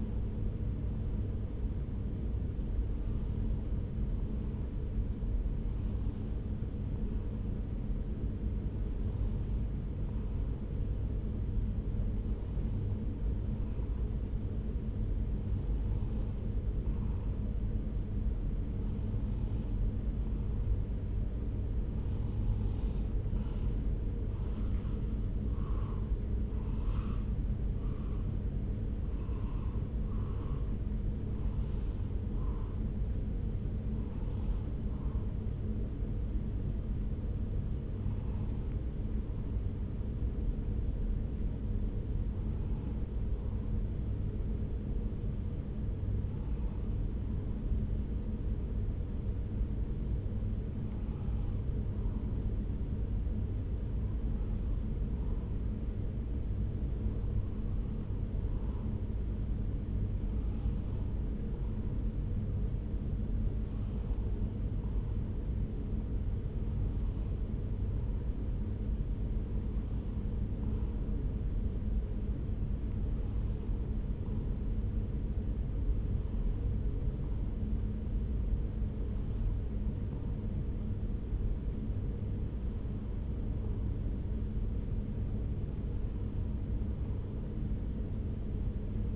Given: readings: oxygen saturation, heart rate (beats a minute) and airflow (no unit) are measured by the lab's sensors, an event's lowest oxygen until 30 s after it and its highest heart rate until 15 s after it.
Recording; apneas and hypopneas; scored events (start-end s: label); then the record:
breathing in sleep by a smartphone at the bedside; 1
1.00-89.16 s: new sleep stage, N2 (light sleep)
40.00-84.10 s: hypopnea (N2, oxygen 96% highest, then 93% lowest)
From the record:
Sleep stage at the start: N1 (lightest sleep); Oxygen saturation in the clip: 94 to 96%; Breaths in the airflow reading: 28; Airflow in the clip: -3.7 to 4.2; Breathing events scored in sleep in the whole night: 335 in 6.7 hours asleep